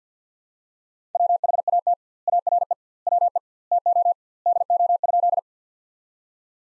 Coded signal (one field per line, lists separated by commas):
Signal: Morse code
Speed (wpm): 50 wpm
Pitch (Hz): 700 Hz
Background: none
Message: WHAT ARE WE TO DO?